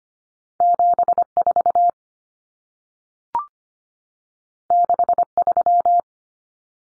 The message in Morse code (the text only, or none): 74 63